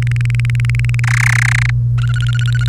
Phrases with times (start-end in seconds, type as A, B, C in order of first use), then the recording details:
0.02-1.00 A, 1.04-1.71 B, 1.98-2.68 C. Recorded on 1 May 2018 at 18:08. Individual llb3